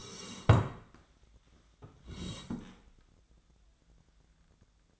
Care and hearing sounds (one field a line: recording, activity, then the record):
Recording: daily activity, microphone in the room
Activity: sit down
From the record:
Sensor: 3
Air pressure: 1012.3 hPa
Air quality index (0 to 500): 175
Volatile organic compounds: 3 ppm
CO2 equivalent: 1342 ppm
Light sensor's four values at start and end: 75/176/82/88 and 110/236/116/129